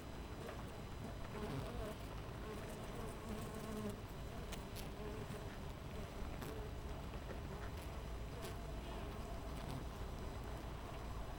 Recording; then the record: honeybee colony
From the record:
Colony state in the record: missing queen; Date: 14 July 2017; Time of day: 6:46